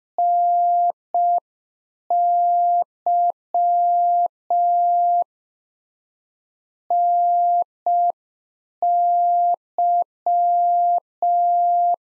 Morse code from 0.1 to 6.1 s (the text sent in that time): NY